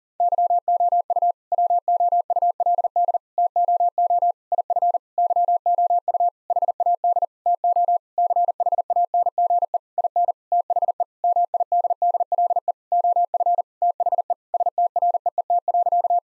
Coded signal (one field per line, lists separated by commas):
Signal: Morse code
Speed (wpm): 37 wpm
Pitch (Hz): 700 Hz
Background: none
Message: YOU WOULD TOO IF YOU HAD TO CHANGE IN THE MIDDLE OF THE STREET.